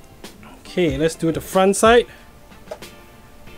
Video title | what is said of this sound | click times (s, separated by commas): BEST Slim Case for Macbook Pro 16" 2021 | here all snapping in. | 2.7 s